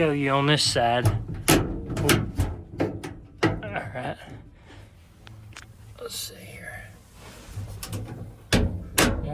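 Someone talks while a door on a 1965 Chevy pickup is closed during door adjustment, with scattered knocks and handling thuds along the way. The door latch catches into the striker with two sharp clicks at 8.5 s and 9.0 s, and the door is fully seated on both clicks.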